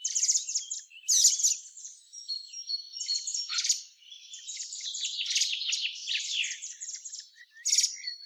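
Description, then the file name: Common blackbird with sustained high, squeaky chatter and thin whistled notes, a loud burst early on and another sharp call near the close. "Turdus merula"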